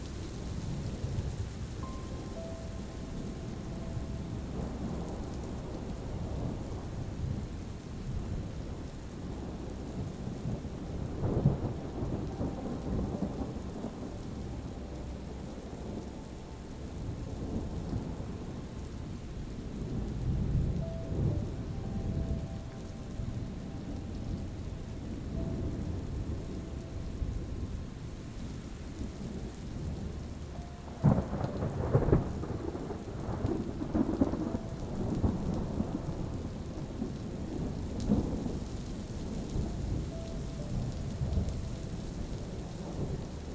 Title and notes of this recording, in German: Die Symphonie des STURMS und die Sanftheit einer MELODIE. Das beruhigende Grollen des Sturms harmonisch mit weichen und umhüllenden Melodien verschmilzt